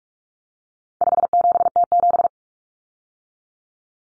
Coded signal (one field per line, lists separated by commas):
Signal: Morse code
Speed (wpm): 44 wpm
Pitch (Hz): 700 Hz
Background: none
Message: 57T7